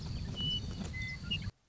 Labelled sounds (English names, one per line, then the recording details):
Western Meadowlark
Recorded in Sonoma County, California